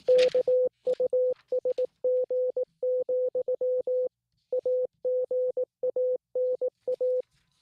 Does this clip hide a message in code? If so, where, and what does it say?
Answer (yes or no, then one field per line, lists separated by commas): yes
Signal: Morse code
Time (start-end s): 0.1-7.2 s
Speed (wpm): 19 wpm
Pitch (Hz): 500 Hz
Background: none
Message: KUSG, AGANA